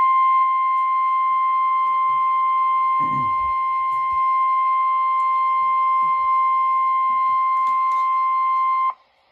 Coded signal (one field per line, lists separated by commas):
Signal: Emergency Alert System (SAME) tones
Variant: 1050 Hz attention tone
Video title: Severe Thunderstorm Warning EAS#460